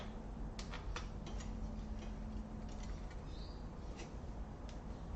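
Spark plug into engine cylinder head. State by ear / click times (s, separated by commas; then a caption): not seated / none. A metal spark plug is threaded by hand into the cylinder head of a Volvo 360 GLT engine, but it binds because it has gone in cross-threaded, so the fitting is stopped. Only faint ticks are heard at about 0.6 s, 1.0 s and 1.3 s over a steady low background noise. Nothing has seated or clicked yet.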